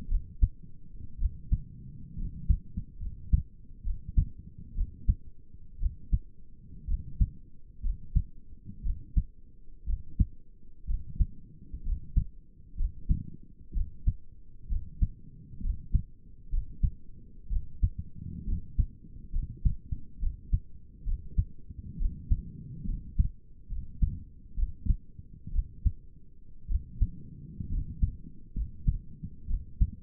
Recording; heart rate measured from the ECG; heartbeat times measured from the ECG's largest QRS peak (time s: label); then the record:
heart sounds by stethoscope; 63 bpm
0.11 s: heartbeat
1.20 s: heartbeat
2.18 s: heartbeat
3.01 s: heartbeat
3.85 s: heartbeat
4.76 s: heartbeat
5.81 s: heartbeat
6.89 s: heartbeat
7.84 s: heartbeat
8.85 s: heartbeat
9.88 s: heartbeat
10.89 s: heartbeat
11.85 s: heartbeat
12.78 s: heartbeat
13.75 s: heartbeat
14.70 s: heartbeat
15.63 s: heartbeat
16.52 s: heartbeat
17.51 s: heartbeat
18.47 s: heartbeat
19.34 s: heartbeat
20.21 s: heartbeat
21.07 s: heartbeat
22.00 s: heartbeat
22.88 s: heartbeat
23.71 s: heartbeat
24.58 s: heartbeat
25.54 s: heartbeat
26.70 s: heartbeat
27.71 s: heartbeat
28.57 s: heartbeat
29.49 s: heartbeat
From the record:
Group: healthy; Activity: rest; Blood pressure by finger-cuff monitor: 91/58 mmHg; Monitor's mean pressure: 69 mmHg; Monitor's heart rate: 62 bpm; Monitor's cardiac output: 6.3 L/min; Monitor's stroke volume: 95 mL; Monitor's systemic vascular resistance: 820 dyn s/cm5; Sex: male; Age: 22 years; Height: 181 cm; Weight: 79 kg